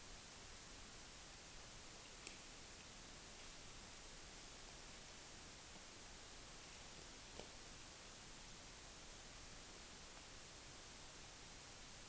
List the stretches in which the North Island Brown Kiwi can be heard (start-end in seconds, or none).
none